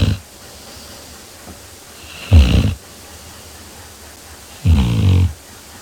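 Deep, rattling snores from a sleeping Labrador recur about every two to three seconds, low-pitched with a buzzing, fluttering quality and quiet breathing between. Ordinary canine snoring during sleep.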